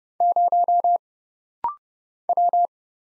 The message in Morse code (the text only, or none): 0 W